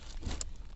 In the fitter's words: It will make a click sound.